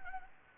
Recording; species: mosquito wingbeat signal from an infrared sensor; Anopheles gambiae